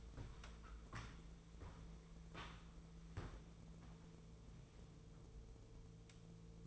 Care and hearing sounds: daily activity, microphone in the room; walk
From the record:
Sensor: 1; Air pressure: 1005.5 hPa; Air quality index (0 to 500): 124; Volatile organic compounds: 5 ppm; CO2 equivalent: 1742 ppm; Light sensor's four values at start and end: 11/27/11/12 and 11/27/11/12

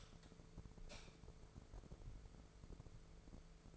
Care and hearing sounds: daily activity, microphone in the room; light on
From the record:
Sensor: 5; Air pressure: 1014.8 hPa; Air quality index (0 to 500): 171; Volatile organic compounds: 6 ppm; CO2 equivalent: 1880 ppm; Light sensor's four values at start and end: 112/266/114/125 and 116/279/119/131

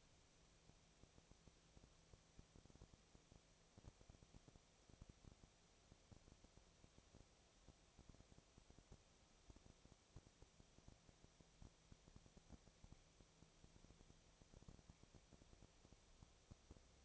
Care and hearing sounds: daily activity, microphone in the room; no activity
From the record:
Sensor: 1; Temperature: 19.8 degrees Celsius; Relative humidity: 37.9%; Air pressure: 998.8 hPa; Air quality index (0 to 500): 233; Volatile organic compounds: 134 ppm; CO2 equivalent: 3948 ppm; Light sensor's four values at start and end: 1/2/1/1 and 1/2/1/1

